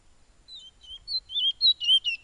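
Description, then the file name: Black-capped white-eye song, brief: a few soft high whistles and then louder, wavering slurred notes in quick succession. "suara burung piolet omkicau"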